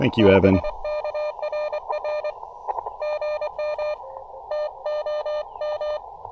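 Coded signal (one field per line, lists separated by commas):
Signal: Morse code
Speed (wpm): 21 wpm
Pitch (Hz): 600 Hz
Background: speech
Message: BK RR GM TOM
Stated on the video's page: QRP CW park activation at 5 watts, sent with paddles on an Elecraft KX2 into a Packtenna Mini end-fed half-wave antenna.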